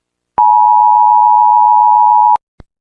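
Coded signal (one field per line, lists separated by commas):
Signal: Emergency Alert System (SAME) tones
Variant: 853 and 960 Hz attention tone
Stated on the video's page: Fake EAS alert tones in an April Fools volcano eruption prank.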